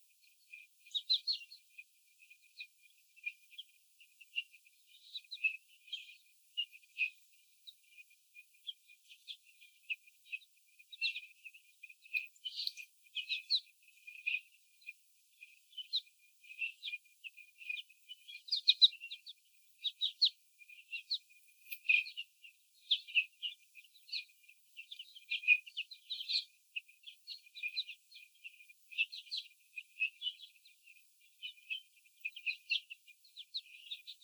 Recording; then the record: young laying hens in a cage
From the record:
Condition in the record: before the stressor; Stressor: sudden umbrella opening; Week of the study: 3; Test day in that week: 2